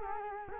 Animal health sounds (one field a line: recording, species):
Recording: mosquito wingbeat signal from an infrared sensor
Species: Culex quinquefasciatus